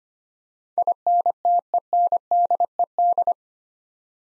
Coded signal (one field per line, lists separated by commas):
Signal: Morse code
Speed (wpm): 25 wpm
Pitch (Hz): 700 Hz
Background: none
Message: INTENDED